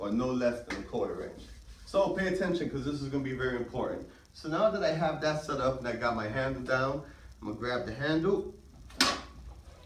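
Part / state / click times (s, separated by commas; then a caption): handle stop on a bending machine / torque reached / 9.0 s. A man talks while grabbing the handle of a bending machine and pushing it down. A sharp click sounds at 9.0 s as the handle stop engages, showing the machine has reached its set limit and he should stop pulling.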